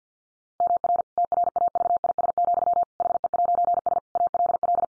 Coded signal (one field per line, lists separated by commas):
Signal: Morse code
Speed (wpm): 50 wpm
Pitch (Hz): 700 Hz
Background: none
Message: MR TRAVIS, HE'S ALL